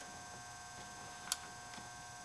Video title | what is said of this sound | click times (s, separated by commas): TorqStorm Supercharger Map Sensor And Injectors Installation Part 4 | plug right on I heard it click nice and good and | 1.3 s